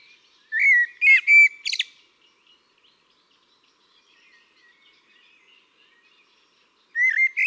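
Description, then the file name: Eurasian blackbird giving a short fluted phrase with a few sharp squeaky notes, then several seconds of silence before another whistled phrase starts. "Turdus merula"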